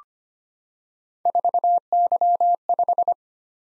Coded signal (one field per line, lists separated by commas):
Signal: Morse code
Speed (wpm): 25 wpm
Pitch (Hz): 700 Hz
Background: none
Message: 4Y5